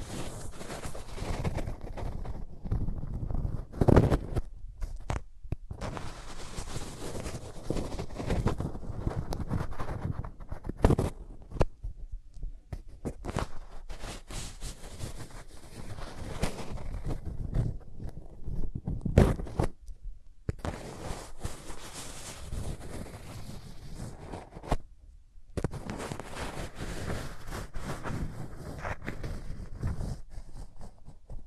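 Hands rub over the ears in a continuous, dense rustle, mostly low and muffled with brighter scratchy passes. The rubbing comes in uneven strokes, broken by brief near-silent gaps around 4, 11, 20 and 25 seconds. No voice is heard.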